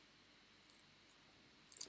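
The second RJ45 plug on a UTP straight network cable is re-crimped in a crimping tool until it clicks. After a quiet stretch with a faint tick near 0.7 s, a quick burst of sharp clicks comes at 1.7, 1.8 and 1.8 seconds. The plug is seated and the crimp is done.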